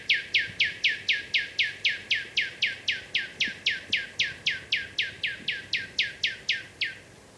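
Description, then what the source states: Common Nightingale song: a long run of loud, identical descending notes repeated about four times per second for nearly seven seconds. Singing at dawn on 3 May 2020, International Dawn Chorus Day, in Kent, England, near a home; recorded from a distance with a parabolic reflector; described as endangered.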